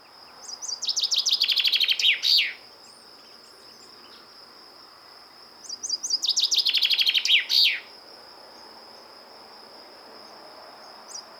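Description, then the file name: Common chaffinch song: two bright descending trills, each about two seconds and ending in a sharp flourish, spaced roughly five seconds apart, over a steady high whine. "Fringilla coelebs"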